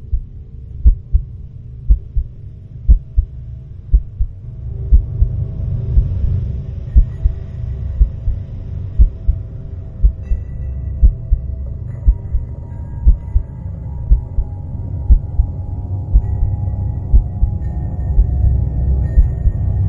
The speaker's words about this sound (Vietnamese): nàng cũng nghe thấy tiếng tim mình đập từng tiếng rất bình ổn, có thể nói không chút gợn sóng nào.